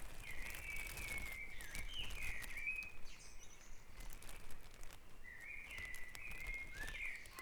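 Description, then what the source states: Birds singing long warbled phrases, a pause, then another burst of song, over low rumbling background noise. Dawn chorus recorded at Back Dragon Avenue, Harrogate, as part of a sound map of Harrogate.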